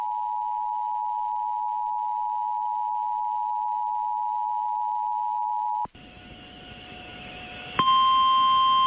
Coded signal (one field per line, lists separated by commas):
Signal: Emergency Alert System (SAME) tones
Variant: 853 and 960 Hz attention tone